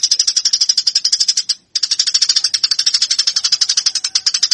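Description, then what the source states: Eurasian tree sparrow fighting call, sustained fast chatter of sharp high chirps with a single short break near the middle. Fighting (tarung) sparrow sound used to train birds; Indonesian name burung gereja.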